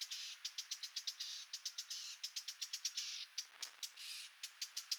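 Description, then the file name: Eurasian blackcap giving sharp, dry clicking tack notes in quick irregular bursts of several per second, over a steady high hiss. "Sylvia atricapilla"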